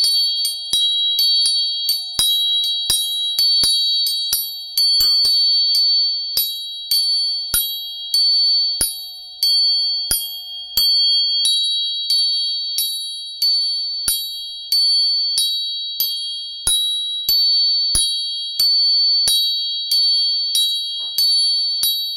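A tuning fork is struck over and over, each strike giving a sharp metallic tap followed by a high, pure ringing tone that lingers and fades. The strikes come roughly every half second to second, clear, with a faint lower hum underneath.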